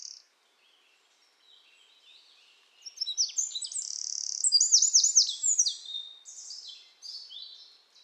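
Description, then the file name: Eurasian wren song builds from soft high notes into a loud, fast cascade of piercing, looping phrases and trills that fade out near the end. "Troglodytes troglodytes"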